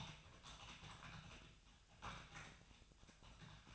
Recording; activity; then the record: daily activity, microphone in the room; typing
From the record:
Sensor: 2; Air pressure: 999.1 hPa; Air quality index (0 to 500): 207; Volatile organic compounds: 35 ppm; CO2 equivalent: 3066 ppm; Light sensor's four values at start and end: 7/17/6/7 and 7/16/6/7